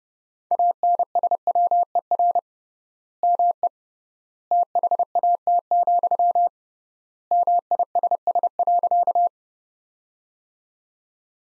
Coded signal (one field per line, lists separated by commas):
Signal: Morse code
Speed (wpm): 30 wpm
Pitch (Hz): 700 Hz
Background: none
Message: ANSWER ME THAT, MISS.